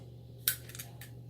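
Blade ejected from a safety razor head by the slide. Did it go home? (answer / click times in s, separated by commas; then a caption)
released / 0.5 s. A slide on the head of a RazoRock (Black)Hawk safety razor clicks and pushes the old blade forward, ejecting it from the razor head with a sharp metallic click at 0.5 s. Softer light ticks follow around 0.7 to 0.8 s and at 1.0 s, over a steady low hum. The blade is released.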